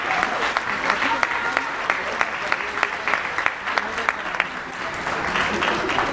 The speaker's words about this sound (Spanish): Un fuerte aplauso para ella, por favor.